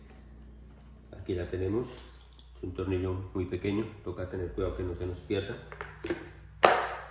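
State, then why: Seated. With the small screw removed, the auxiliary handle clamp (grip) of a cordless string trimmer is pushed onto the trimmer shaft while someone talks. A single sharp, loud snap at 6.7 s marks the clamp seating onto the shaft.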